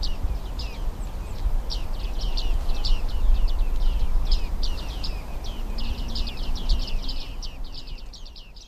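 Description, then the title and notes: Bearded Reedling pinging calls: many short twangy pings from a flock, continuing steadily throughout, above low-pitched background noise. Large flock foraging for seeds in wind-tossed reeds beside a road, Porvoo reedbeds, Finland, in winter; first sighting of this rare species. "Viikon luontoääni: Viiksitimali. Asko Hauta-aho. Yle"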